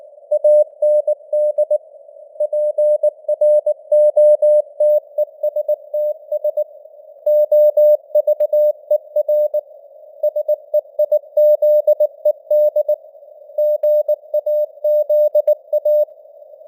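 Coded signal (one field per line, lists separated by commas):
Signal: Morse code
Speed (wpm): 19 wpm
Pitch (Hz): 600 Hz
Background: none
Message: AND PROTESTS OVER SEIZED GAZA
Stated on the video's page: Morse news headlines at 19 wpm with simulated radio noise and varying signal strength (QSB).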